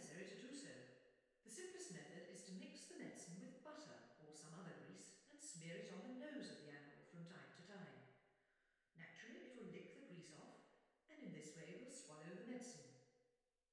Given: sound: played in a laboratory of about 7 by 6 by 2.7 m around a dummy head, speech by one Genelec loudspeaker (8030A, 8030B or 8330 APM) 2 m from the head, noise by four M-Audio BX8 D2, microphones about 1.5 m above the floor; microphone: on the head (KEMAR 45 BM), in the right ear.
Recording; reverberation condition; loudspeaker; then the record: female speech in English; high; 150 degrees to the left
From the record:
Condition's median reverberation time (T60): about 1300 ms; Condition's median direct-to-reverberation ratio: about -4.0 dB